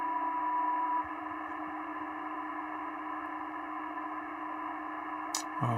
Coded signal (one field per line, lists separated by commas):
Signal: PSK31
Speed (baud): 31.25 baud